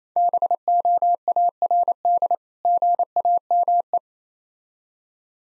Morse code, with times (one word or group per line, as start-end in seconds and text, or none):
0.2-2.3 BOARD
2.7-4.0 GAME